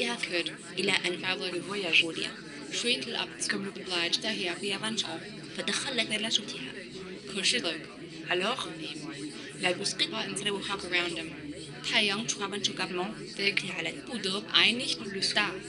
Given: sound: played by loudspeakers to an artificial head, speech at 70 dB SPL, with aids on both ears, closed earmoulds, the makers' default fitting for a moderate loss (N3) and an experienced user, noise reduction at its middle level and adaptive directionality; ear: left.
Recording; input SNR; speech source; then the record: speech test signal (ISTS) in cocktail-party noise; 0 dB; in front (0 degrees)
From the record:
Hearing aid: class 2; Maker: B